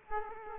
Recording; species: mosquito wingbeat signal from an infrared sensor; Culex quinquefasciatus